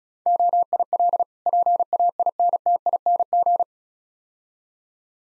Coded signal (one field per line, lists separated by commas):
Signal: Morse code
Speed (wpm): 36 wpm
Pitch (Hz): 700 Hz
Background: none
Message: OIL PAINTING